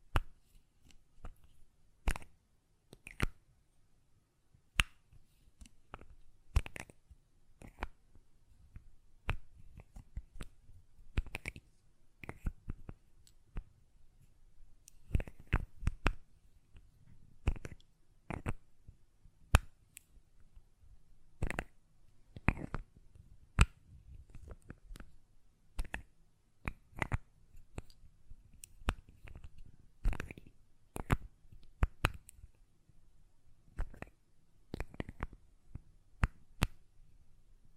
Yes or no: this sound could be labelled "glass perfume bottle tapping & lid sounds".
yes